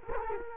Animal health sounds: mosquito wingbeat signal from an infrared sensor; Culex quinquefasciatus

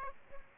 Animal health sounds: mosquito wingbeat signal from an infrared sensor; Aedes aegypti

